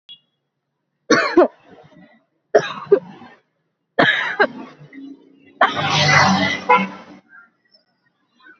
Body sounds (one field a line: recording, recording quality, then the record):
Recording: heavy voluntary cough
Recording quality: excellent, no background noise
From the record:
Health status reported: healthy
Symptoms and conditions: none ticked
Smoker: not ticked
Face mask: worn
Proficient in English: yes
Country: India